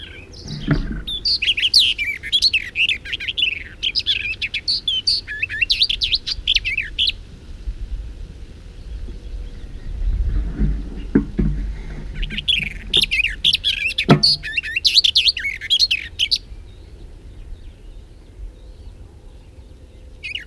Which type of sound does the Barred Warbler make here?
song